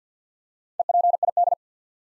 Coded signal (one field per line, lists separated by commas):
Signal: Morse code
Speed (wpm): 48 wpm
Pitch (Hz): 700 Hz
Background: none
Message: EPID